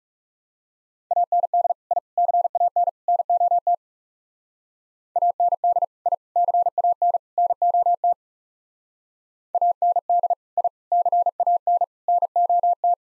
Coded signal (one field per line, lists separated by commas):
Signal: Morse code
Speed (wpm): 38 wpm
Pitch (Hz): 700 Hz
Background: none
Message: AND I CAN NOT AND I CAN NOT AND I CAN NOT